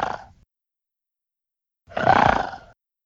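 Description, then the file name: Pig giving a harsh, grunting squeal, preceded by the tail of an earlier one, with silence between. "cerdo"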